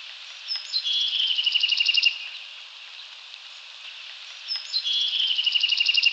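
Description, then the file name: Bewick's wren singing twice: a brief buzzy opening, then a rapid, even trill of high notes, with constant hiss behind. Recorded at Hyde Park on 20 February 2019 at 07:21 in the morning. "Hydep BEWR"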